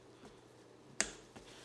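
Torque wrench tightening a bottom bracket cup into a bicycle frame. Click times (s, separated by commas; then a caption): 1.0 s. A torque wrench set to 54 Nm tightens a threaded metal bottom bracket cup into a bicycle frame, with two clicks done for good measure. The wrench gives a sharp, bright click at 1.0 s over quiet background. Two much softer taps follow near 1.4 s and 1.7 s, confirming the cup has reached its set torque.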